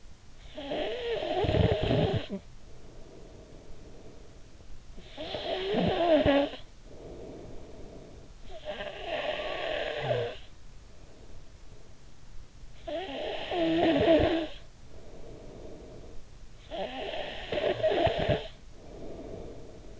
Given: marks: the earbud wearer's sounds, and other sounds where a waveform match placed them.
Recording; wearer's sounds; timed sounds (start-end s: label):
sounds in sleep by an in-ear microphone; snoring breath
0.16-4.57 s: snoring breath
4.92-11.93 s: snoring breath
12.62-16.20 s: snoring breath
16.51-20.00 s: snoring breath